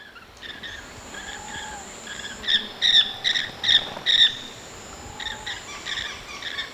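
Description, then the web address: Blue-fronted parrotlet calls: softer notes building to five loud, harsh calls in a row, then quieter calls again, over a thin high insect hum. Ecuador. "Birds of Ecuador. Blue-fronted Parrotlet"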